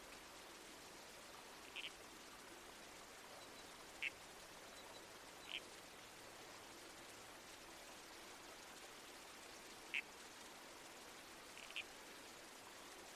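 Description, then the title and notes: Red-crowned toadlet giving sparse, short sharp calls at irregular gaps of several seconds against steady creek and wind noise. Night-time bush soundscape with a babbling creek and trees swaying in the wind. "Red-Crowned Toadlet. Nocturnal Worlds"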